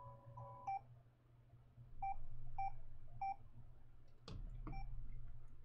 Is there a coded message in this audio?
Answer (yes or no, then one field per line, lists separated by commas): no